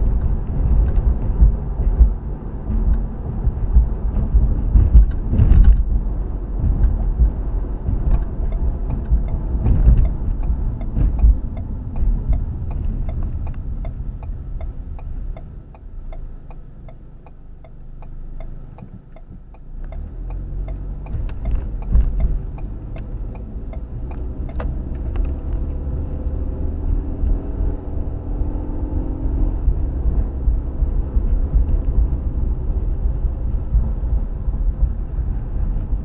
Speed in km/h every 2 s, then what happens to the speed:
56, 55, 53, 60, 44, 29, 15, 3, 0, 6, 16, 21, 27, 32, 34, 37, 37, 37.
0-15 brakes to 0. 15-17 standing. 17-26 pulls away to 32. 26-36 steady at about 37.